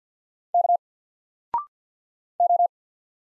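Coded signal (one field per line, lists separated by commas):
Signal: Morse code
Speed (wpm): 48 wpm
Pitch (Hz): 700 Hz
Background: none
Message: K O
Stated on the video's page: Single letters sent in Morse at 50 wpm for instant character recognition, each sent, spoken after a 0.6-second pause, then sent again.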